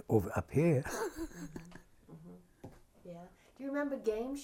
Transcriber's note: laughs